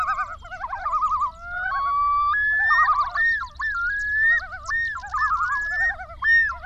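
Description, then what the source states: Common Loon wail rising in steps, followed by looping yodel phrases, with tremolo calls from other loons. Several Common Loons in Wisconsin, dated 28 August 2006.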